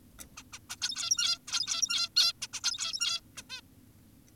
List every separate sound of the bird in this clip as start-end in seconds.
0.37-0.43, 0.53-0.59, 0.70-0.76, 0.82-1.39, 1.48-2.09, 2.16-2.33, 2.42-2.48, 2.54-2.61, 2.64-3.21, 3.37-3.42, 3.50-3.61